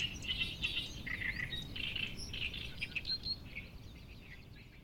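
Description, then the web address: Bird chirping: many bright, high twittering notes in quick succession over a low rumble, fading toward the end. "yacho koe 190621"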